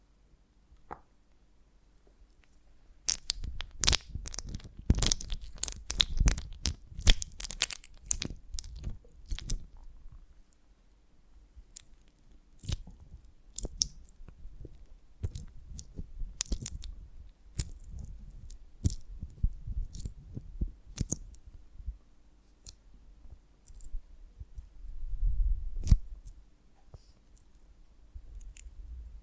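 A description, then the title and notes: Honeycomb on a branch being handled, with dense bursts of sharp crackling, snapping and sticky crunching. The clicks come thick from about 3 to 10 seconds, then scatter more irregularly, with a low thudding swell near 25 seconds and quiet gaps between. ASMR of a Honeycomb on Branch (No Talking).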